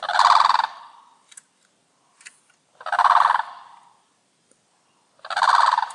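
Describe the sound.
Bird giving three loud rolling gobbles, roughly every two and a half seconds, with faint clicks between them in near silence.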